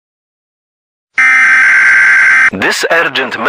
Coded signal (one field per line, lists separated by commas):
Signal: Emergency Alert System (SAME) tones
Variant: header bursts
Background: speech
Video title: #eas #europe #shorts #germany full vid on my youtube